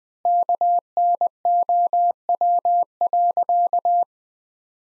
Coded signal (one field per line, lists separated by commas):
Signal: Morse code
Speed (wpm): 20 wpm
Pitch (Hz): 700 Hz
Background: none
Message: KNOW.